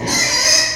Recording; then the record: squeal of a Yucatan mini pig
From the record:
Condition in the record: before surgery on the right vocal fold (resection and tissue-engineered implant); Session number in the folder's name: 2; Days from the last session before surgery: 0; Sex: male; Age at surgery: 12 weeks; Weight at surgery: 13 kg